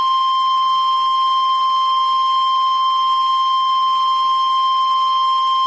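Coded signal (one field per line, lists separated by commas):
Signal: Emergency Alert System (SAME) tones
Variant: 1050 Hz attention tone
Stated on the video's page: Fictional EAS scenario about an alien incursion, using valid SAME tones.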